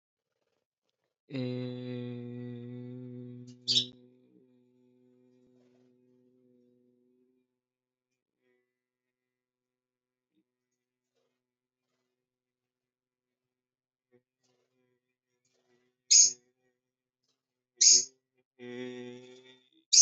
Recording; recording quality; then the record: sustained vowel as in made; moderate, slight background noise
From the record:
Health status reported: healthy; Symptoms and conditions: none ticked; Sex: male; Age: 24 years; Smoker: not ticked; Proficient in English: yes